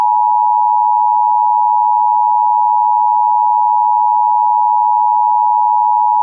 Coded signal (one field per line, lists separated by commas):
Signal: Emergency Alert System (SAME) tones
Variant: 853 and 960 Hz attention tone